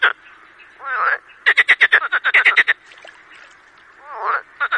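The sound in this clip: Marsh frog calls: croaking grunts followed by a loud burst of rapid pulsed notes, then more grunts and short rattles over a soft frog chorus.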